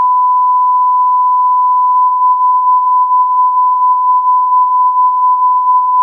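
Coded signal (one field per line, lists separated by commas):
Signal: radio time signal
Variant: Beta (RJH69) carrier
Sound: a single continuous steady tone around 1 kHz, unchanging for six seconds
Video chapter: 00:06 : Unmodulated carrier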